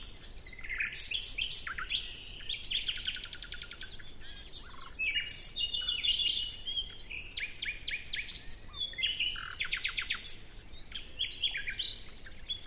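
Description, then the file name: Common nightingale song, rich and fast: rapid rattling trills, buzzy repeated notes and short whistled phrases in varied bursts throughout, over faint steady background hiss. "Luscinia megarhynchos"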